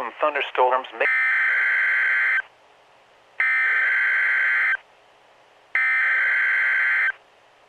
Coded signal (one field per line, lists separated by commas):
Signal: Emergency Alert System (SAME) tones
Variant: header bursts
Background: speech